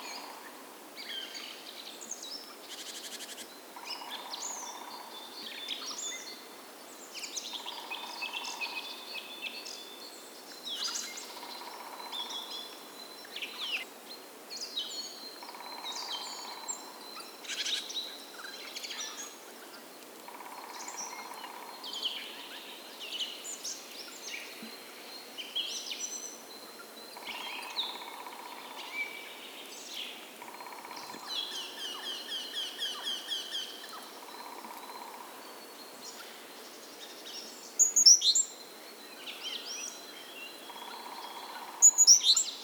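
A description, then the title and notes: A calm forest with many small birds chirping and trilling, overlapping fairly densely throughout. A soft, low-pitched hoot-like call repeats about every four seconds, and a couple of sharper chirps stand out near the end. Calm Day in the Forest.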